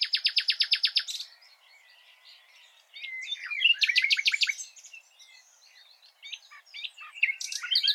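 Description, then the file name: Common nightingale song opening with a loud fast repeated pulsing trill, a pause, then jumbled whistles and rattling notes in varied bursts. "Luscinia megarhynchos"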